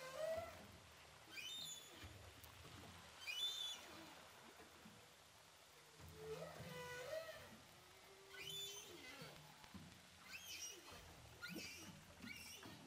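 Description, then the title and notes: Humpback whale high squeals and whistled units, some wavering, with a few lower moaning cries in between, over steady underwater hiss. Humpback whales recorded with a DPA hydrophone offshore from Saint-Paul, Réunion Island. "Whales sound by hydrophophone DPA saint paul, ile de la reunion. Baleines à bosse enregistrées à l'hydrophone DPA au large de saint Paul de la réunion"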